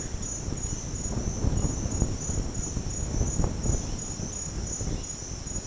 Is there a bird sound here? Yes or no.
no